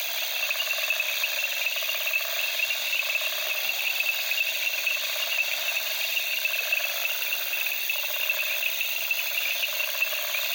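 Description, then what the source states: Layered crickets and frogs: a ceaseless high ringing insect drone with grating, rasping frog trills repeating through it. At night among reeds in the Okavango, Africa, with crickets and frogs calling.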